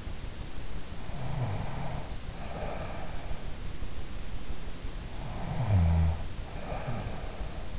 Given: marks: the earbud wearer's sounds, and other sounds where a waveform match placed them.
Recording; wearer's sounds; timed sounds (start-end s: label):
sounds in sleep by an in-ear microphone; snoring breath
1.02-3.67 s: snoring breath
5.27-7.79 s: snoring breath